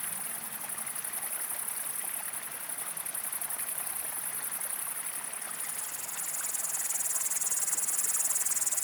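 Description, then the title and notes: Upland green bush-cricket singing a fast, even stream of high pulses that swells louder near the end, over the hiss of a stream. Foreground singer with great green bush-crickets around; jerky rising crescendo rhythm; streamside, Le Villard, Val Maravel, Drôme, France, 1200 m; 20 August 2018, 19:00–19:30; windless, stormy cloudy sky, 20–22 °C; Nagra Seven, MKH40. "Le Villard - Val Maravel. Sauterelle cymbalière"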